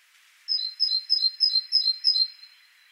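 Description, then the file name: Great tit uttering six crisp, high chirps in fast succession, each a short downward-stepping double note. "Parus major"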